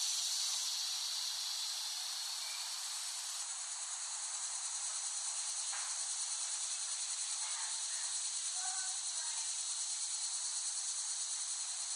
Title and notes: Dronecast: The Cicadas of Summer. Recording of cicadas made by Dan Bodah in West Brighton, Staten Island, late summer 2008